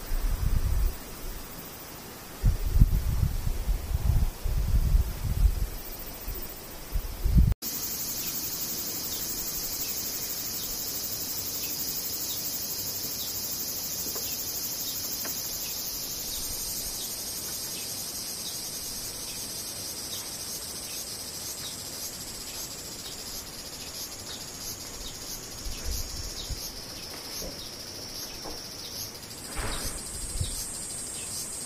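Cicadas drone in a dense, steady high buzz that fills the whole clip, the pitch of the chorus shifting slightly after about sixteen seconds. During the first seven seconds, low rumbling thumps come and go beneath it, then stop abruptly, leaving only the insect hum.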